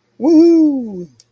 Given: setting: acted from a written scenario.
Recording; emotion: vocal sound without words; triumph